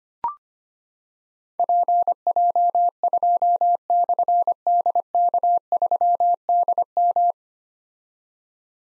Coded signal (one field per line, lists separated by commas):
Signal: Morse code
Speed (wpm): 25 wpm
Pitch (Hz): 700 Hz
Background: none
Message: PJ2/DK3DM